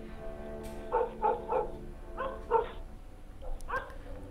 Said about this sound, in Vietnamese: Thỉnh thoảng có nghe tiếng chó sủa vu vơ ở đâu đó, văng vẳng như là tiếng chó cân ma ở bên kia cánh đồng.